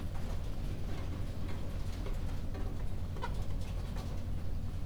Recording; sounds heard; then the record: poultry house recording; healthy chickens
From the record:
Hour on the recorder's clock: 23